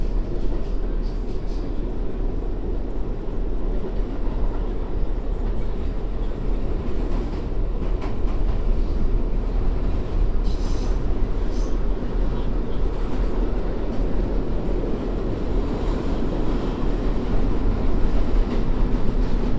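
A subway train ride on the MTA, recorded binaurally, with a dense, steady low rumble that never lets up. Faint brighter clicks and squeals flicker through now and then, most around ten to twelve seconds, over the constant roar of the car.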